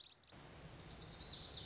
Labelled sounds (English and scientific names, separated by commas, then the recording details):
Lazuli Bunting (Passerina amoena)
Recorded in Sonoma County, California